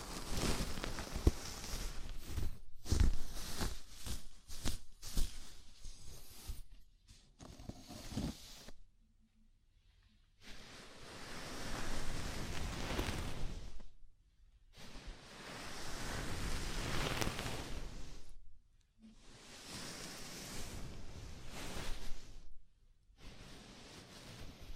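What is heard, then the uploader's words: Scalp massage: rough, hissing rubbing sounds come in long strokes, each lasting about four seconds with short quiet gaps between, near 10, 15, 19 and 23 seconds. The opening seconds are choppier, with quick scratchy bursts and a few sharp taps. ASMR Sleepy Scalp Massage (No Talking).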